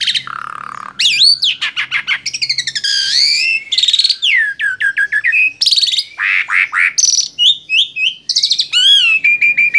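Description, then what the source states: Asian pied starling song: a dense, unbroken medley of whistles, rattles, slurred and buzzy notes, changing pitch constantly for nearly ten seconds. Training recording (masteran) of song used to teach caged birds.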